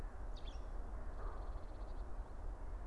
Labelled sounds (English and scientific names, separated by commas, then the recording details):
Eurasian Blue Tit (Cyanistes caeruleus)
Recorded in Germany
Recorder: ecoPi